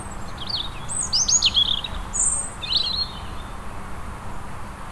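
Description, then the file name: European robin song: short phrase of high, tinkling notes and thin whistles, then a brief twitter, over a steady background hiss. "Erithacus rubecula"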